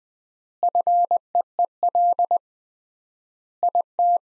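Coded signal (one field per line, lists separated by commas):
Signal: Morse code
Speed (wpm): 20 wpm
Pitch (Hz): 700 Hz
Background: none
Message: FEEL IT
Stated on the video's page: Morse sentence practice at 20wpm with 3x word spacing, similar to Farnsworth method applied to words.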